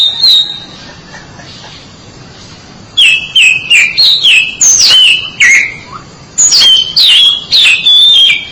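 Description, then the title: Oriental magpie-robin singing a run of loud, clear whistled notes sliding downward, about three per second, after a quiet pause. "Suara Kicauan Burung Kacer Durasi Panjang"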